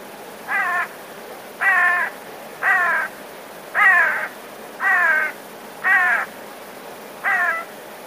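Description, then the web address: Eurasian jay giving harsh, rasping screeches, seven calls spaced roughly one second apart, each a short grating burst with a falling tone. Alarm call; recorded 13 February 2019. "wroblowe ostrzegator sojka"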